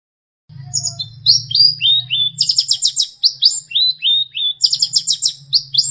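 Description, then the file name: Long-tailed shrike singing in short, sweet, falling whistles broken by shrill buzzy rattles, the phrase coming round twice, over a low steady hum. Master song for training songbirds. "cendet-master 2"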